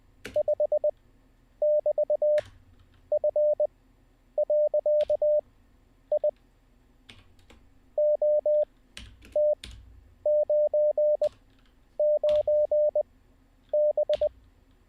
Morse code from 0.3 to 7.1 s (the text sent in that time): 5<BT>F.I